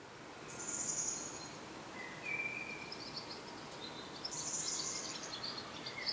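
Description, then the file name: European robin giving brief, high, thin whistled notes and trills in separate bursts against constant faint background hiss. "Erithacus rubecula"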